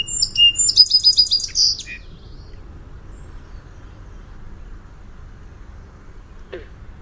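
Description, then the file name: Song sparrow song: a few clear opening notes, then a rapid trill of repeated high notes and a short buzzy finish, then quiet. "SOSP song"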